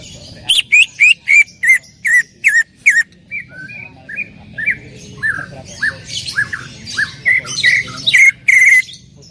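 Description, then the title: Greater green leafbird calls: a burst of loud sharp chirps, then varied whistled and slurred notes, ending with another bright chirping run. Female calling to a male; described as a very active caller (gacor hiper). "CUCAK IJO BETINA GACOR HIPER MEMANGGIL JANTAN"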